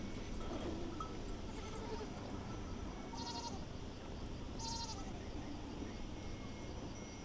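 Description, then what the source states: Goat bleats, two short nasal, wavering cries about a second and a half apart, over steady low rumbling background noise. Goats herded by a shepherd along the Douro River at a river beach in Pocinho, Portugal; part of a Douro River sound map.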